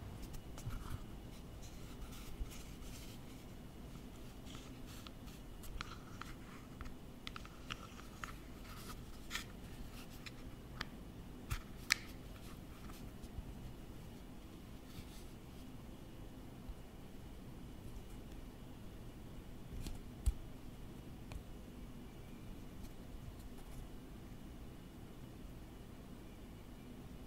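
Office objects are tapped and traced with light, sharp clicks scattered irregularly throughout, over a steady low hum that never lets up.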